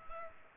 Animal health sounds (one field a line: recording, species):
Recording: mosquito wingbeat signal from an infrared sensor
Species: Culex pipiens